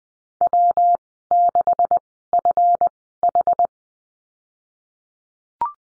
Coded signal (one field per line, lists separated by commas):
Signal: Morse code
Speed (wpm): 20 wpm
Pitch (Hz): 700 Hz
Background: none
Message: W 6 F H